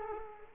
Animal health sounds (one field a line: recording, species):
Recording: mosquito wingbeat signal from an infrared sensor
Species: Culex quinquefasciatus